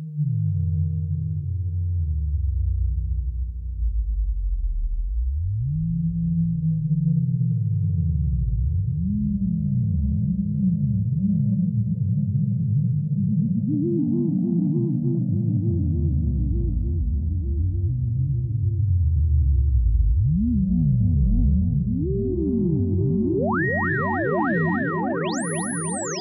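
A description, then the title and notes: A self-oscillating delay feeds back on itself, building low, droning tones that sweep and arc up and down in overlapping waves. The pitches climb steadily over the clip, and near the end a sharp, piercing tone shoots up high. Self oscillation delay.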